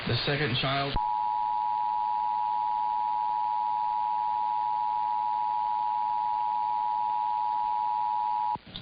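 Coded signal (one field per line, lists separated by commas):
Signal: Emergency Alert System (SAME) tones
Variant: 853 and 960 Hz attention tone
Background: speech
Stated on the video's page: Real Ohio AMBER Alert carried on two AM radio stations.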